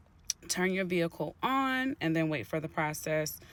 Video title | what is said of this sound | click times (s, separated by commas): Toyota Highlander Navigation sd Card Install and Review 2025! #toyota #mapupdate | You're going to insert the new card until it clicks in. | 0.3 s